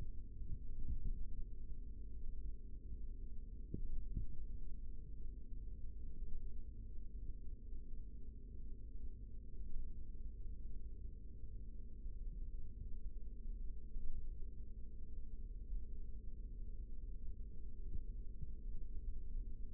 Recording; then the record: forearm muscle sounds (acoustic myography)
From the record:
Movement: rest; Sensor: system 3, bracelet of six PUI Audio POM-2738L microphones around the upper forearm, with dedicated amplification and filtering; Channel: 3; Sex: male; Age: 25 years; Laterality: right